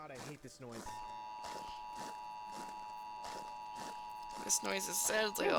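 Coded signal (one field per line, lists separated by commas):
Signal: Emergency Alert System (SAME) tones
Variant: 853 and 960 Hz attention tone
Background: speech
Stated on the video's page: Emergency alert tones in the Creatures of Sonaria game, as part of analog horror lore; not a real broadcast.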